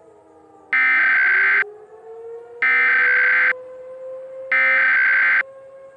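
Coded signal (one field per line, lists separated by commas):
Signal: Emergency Alert System (SAME) tones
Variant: header bursts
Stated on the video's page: Fictional audio drama; simulated alert within a radio station broadcast scenario.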